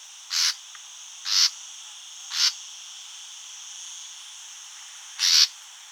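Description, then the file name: Common nightingale calling with short grating rasps, four of them, the first three about a second apart and the fourth after a gap of nearly three seconds, over a steady faint hiss. "Luscinia megarhynchos"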